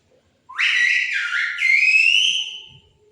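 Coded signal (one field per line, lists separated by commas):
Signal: whistled language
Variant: Silbo Gomero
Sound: a loud gliding whistle rising and dipping in pitch for about two and a half seconds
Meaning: Good evening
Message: Buenas noches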